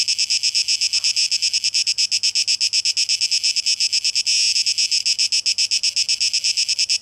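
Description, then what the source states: Cicada song, a fast, regular buzzy pulsing that swells briefly louder midway, with a faint low hum. Cicadas recorded on 12 August 2023.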